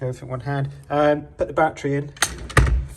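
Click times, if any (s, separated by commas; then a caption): 2.6 s. Someone talks while a Stromer ST1/ST2 e-bike battery, with the updated battery door 402282G, is pushed down onto the battery connector in the frame. One loud snap is heard at 2.6 s as it snaps into place. The battery is seated solidly, showing the connector is the right way around.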